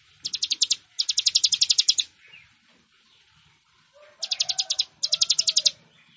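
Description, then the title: Plain prinia singing four quick trains of sharp, buzzy ticking notes in two pairs, with a longer gap between the pairs. "Ciblek Sawah"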